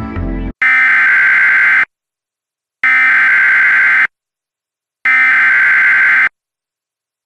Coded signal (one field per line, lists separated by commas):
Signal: Emergency Alert System (SAME) tones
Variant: header bursts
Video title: EAS Reenactment Mock: So many counties I-IV [v2]